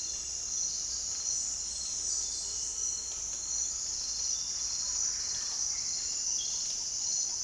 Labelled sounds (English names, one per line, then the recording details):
none
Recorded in dense forest near Puerto Asís, Putumayo, Colombia, on 19 February 2024 at 07:00
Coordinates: 0.485, -76.318
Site G6408